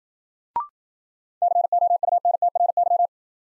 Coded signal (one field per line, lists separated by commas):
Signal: Morse code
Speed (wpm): 56 wpm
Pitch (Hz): 700 Hz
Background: none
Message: COUNTRY